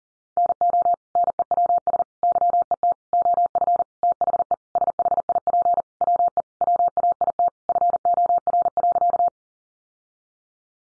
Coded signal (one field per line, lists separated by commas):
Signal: Morse code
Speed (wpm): 40 wpm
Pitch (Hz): 700 Hz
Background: none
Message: NO NEWS YET OF THE SHIP WE WAIT FOR.